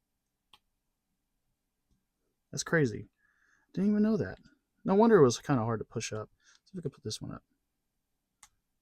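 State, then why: Seated. Someone talks while pushing up the other ratcheted plastic joint on a Hasbro 6-inch Stormtrooper action figure, with a faint tick at 0.5 s. The joint clicks up one step and seats with a single sharp click at 8.4 s.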